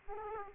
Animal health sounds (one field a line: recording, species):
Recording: mosquito wingbeat signal from an infrared sensor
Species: Aedes aegypti